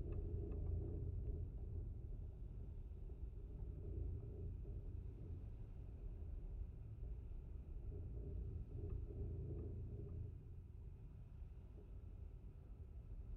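Wind works over a fence of twisted metal wire, producing a deep, dense rumble that holds steady throughout with slow swells near the start, around four seconds and again near ten. Faint thin tones and occasional light ticks sit high above the roar.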